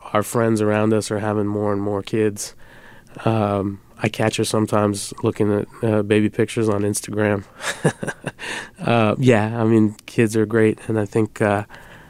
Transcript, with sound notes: Our friends around us are having more and more kids. I catch us sometimes looking at baby pictures on Instagram (laughter). Yeah, I mean, kids are great. And I think